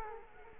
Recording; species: mosquito wingbeat signal from an infrared sensor; Culex quinquefasciatus